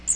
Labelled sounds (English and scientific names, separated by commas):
Magnolia Warbler (Setophaga magnolia) flight call